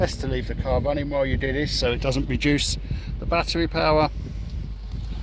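Someone talks over a low, steady engine hum while the powered soft-top roof of a 1994 Mercedes W124 Cabriolet E220 is operated, with the car left running so the battery isn't drained. The roof has not latched onto the car body yet, and nothing has seated or clicked in this clip.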